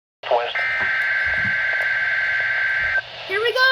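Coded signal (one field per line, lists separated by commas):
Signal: Emergency Alert System (SAME) tones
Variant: header bursts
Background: speech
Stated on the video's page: Severe thunderstorm warnings, watch and a Required Weekly Test.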